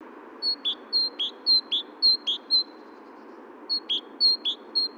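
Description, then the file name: Great tit calling, clear two-note high whistled phrases alternating higher and lower notes, repeated about twice a second in two bouts with a brief pause between. "Parus major"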